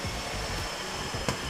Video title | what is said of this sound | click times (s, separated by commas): KEREN BANGET! Tronton SUPER VIP PO Bintang Utara Putra -- 2 Unit Jetbus5 SHD VOLVO B11R 450HP EURO5 | Oke, sudah terkunci. | 1.3 s